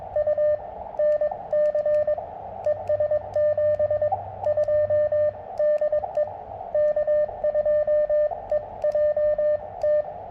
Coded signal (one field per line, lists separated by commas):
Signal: Morse code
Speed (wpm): 21 wpm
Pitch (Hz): 590 Hz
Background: radio noise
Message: U NC ES 72 DE K2EJT